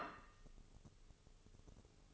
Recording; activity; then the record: daily activity, microphone in the room; place plate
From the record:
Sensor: 4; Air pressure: 996.0 hPa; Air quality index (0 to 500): 60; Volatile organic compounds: 2 ppm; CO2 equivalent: 1065 ppm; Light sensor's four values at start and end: 13/36/13/13 and 13/36/13/13